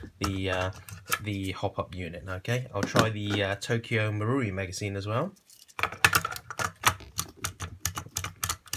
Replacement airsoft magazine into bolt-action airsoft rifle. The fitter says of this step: to try to clip in place better but it's still no go